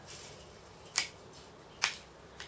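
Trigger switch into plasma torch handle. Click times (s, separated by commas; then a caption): 1.0 s, 1.8 s. While a plasma cutter torch head is being reassembled, the trigger switch is pressed down into its place in the plastic handle. Two sharp, short clicks sound at 1.0 s and 1.8 s, followed by a fainter tick at 2.4 s. The switch is seated in the handle.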